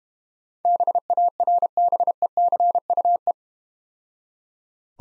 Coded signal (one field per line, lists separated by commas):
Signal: Morse code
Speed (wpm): 31 wpm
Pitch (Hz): 700 Hz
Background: none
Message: BARBECUE